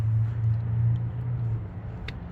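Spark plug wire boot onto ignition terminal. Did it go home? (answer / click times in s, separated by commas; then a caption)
yes / 2.1 s. A spark plug wire boot on a 1994 Ford Ranger 4.0L V6 is pushed onto its ignition terminal after some trouble, over a low steady rumble around 100 Hz. At 2.1 s a sharp, brief click rises above the background as the boot seats on the terminal.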